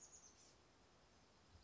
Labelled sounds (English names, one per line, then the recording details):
Chestnut-backed Chickadee
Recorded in Sonoma County, California